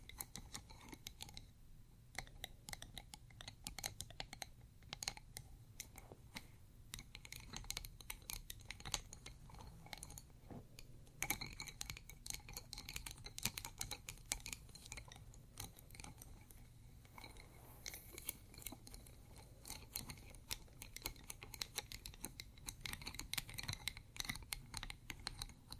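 Pencils and metal studs clatter against ceramic in a dense, continuous stream of sharp little clicks and taps for the whole stretch. The ticking is rapid and irregular, with brighter bursts around the eleventh and twentieth seconds, over a steady low rumble.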